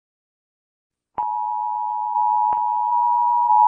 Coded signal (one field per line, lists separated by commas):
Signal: Emergency Alert System (SAME) tones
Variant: 853 and 960 Hz attention tone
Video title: all of Oceania eas alarms